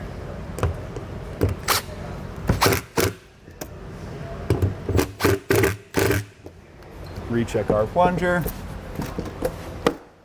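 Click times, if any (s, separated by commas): 9.9 s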